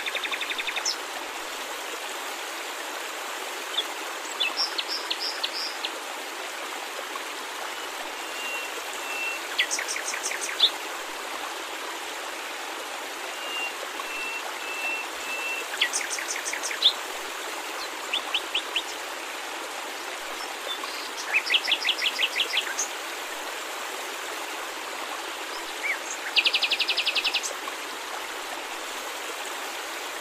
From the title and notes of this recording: Relaxing Waterfall Sounds With Chirping Birds.